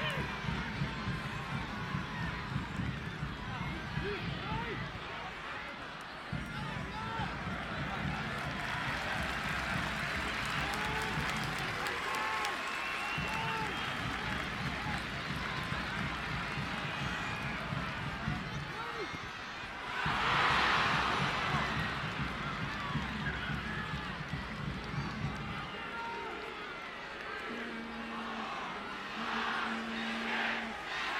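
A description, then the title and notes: Crowd noise from Birmingham Legion FC fans fills the stadium with a steady, dense roar of many voices. Low chanting throbs underneath, dropping out briefly near 6, 12 and 19 seconds. A sharp swell of cheering bursts out around 20 seconds, and a sustained horn-like tone sounds near the end. Sounds of 18,418 Birmingham Legion FC Fans.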